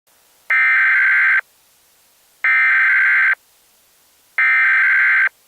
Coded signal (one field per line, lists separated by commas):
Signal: Emergency Alert System (SAME) tones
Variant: header bursts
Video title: Charlotte, NC - Tornado EAS (mock)